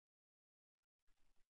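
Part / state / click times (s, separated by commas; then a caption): flex cable connector onto the phone's logic board socket / not seated / none. During an LCD screen replacement on an LG G2 smartphone, a flex cable connector is handled over its socket on the phone's logic board. After near silence, faint brief rustles come around 0.8 s, then a louder stretch of broadband handling noise runs from about 1.0 s to 1.5 s. Nothing has seated or clicked yet.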